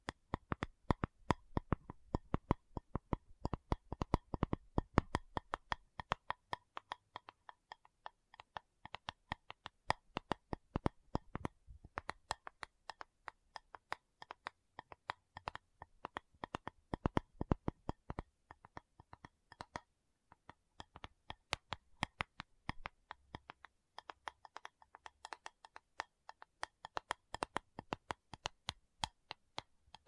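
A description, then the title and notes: A tapping session: sharp, dry taps come in dense, uneven bursts, sometimes rapid and clustered, sometimes spaced with brief pauses, notably around the seven-second mark and near twenty seconds. Each tap is crisp and bright, and a faint low rumble sits underneath in places. ASMR 1 Hour Tapping Session (No Talking).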